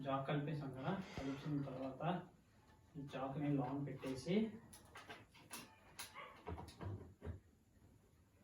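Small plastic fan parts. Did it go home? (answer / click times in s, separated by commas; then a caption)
no / none. A fan component is handled while assembling a small 14-inch DC table fan, about to be twist-locked into the fan body. Someone talks for the first half, then a few short knocks and taps of handling follow around 5.5 to 6.8 seconds. Nothing has seated or locked yet.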